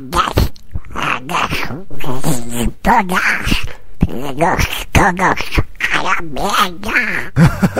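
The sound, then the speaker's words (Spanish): A young boy imitates a cartoon duck, producing a rapid, continuous stream of raspy, nasal quacking syllables with wavering pitch, like garbled duck-voiced chatter lasting several seconds. “Os he traído a mi sobrino Miguelín, que os va a imitar al Pato Donald.”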